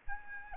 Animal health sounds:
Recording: mosquito wingbeat signal from an infrared sensor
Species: Aedes albopictus

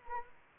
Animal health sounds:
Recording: mosquito wingbeat signal from an infrared sensor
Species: Anopheles arabiensis

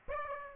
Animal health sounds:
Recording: mosquito wingbeat signal from an infrared sensor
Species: Aedes aegypti

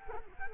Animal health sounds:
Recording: mosquito wingbeat signal from an infrared sensor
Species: Culex quinquefasciatus

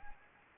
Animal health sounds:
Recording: mosquito wingbeat signal from an infrared sensor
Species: Anopheles gambiae

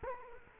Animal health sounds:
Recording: mosquito wingbeat signal from an infrared sensor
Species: Culex quinquefasciatus

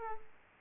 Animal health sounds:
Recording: mosquito wingbeat signal from an infrared sensor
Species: Aedes aegypti

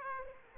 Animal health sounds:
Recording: mosquito wingbeat signal from an infrared sensor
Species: Aedes aegypti

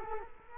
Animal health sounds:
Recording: mosquito wingbeat signal from an infrared sensor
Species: Culex quinquefasciatus

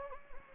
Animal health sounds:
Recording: mosquito wingbeat signal from an infrared sensor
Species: Anopheles gambiae

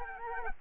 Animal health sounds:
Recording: mosquito wingbeat signal from an infrared sensor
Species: Culex quinquefasciatus

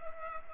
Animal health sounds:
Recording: mosquito wingbeat signal from an infrared sensor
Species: Culex pipiens

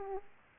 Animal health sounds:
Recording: mosquito wingbeat signal from an infrared sensor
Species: Aedes aegypti

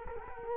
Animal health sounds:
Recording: mosquito wingbeat signal from an infrared sensor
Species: Culex quinquefasciatus

